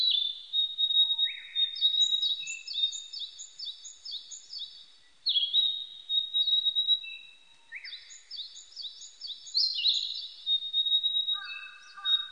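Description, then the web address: Narcissus flycatcher repeating a pattern of a long high whistle followed by fast, evenly spaced falling chirps, with short lower notes between phrases, twice over. Recorded 25 April 1998. "1998 980425 kibitaki"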